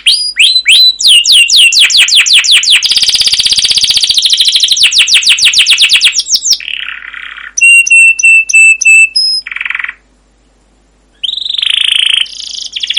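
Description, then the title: Canary song with rapid falling chirps and a rolling trill, then short whistled notes and buzzy bursts, a brief silence, and a renewed trill. Long, continuous rolling canary song with cuit cuit notes, used as a lure to prompt other canaries to sing. "CUIT CUIT NGEROL LANGSUNG GACOR PANJANG Kenari Ini AMPUH Utk Pancingan KENAR. Masteran Suara Burung Kenari Gacor Panjang cuit cuit Ngerol untuk Pancingan Kenari!"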